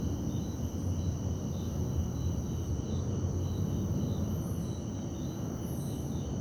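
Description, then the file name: Crickets trill in steady high-pitched bands that pulse softly throughout, over a constant low rumble. Night ambience in a park. "parque beija flor a noite com grilos, passos na grama, aviao passando e depois transito longe"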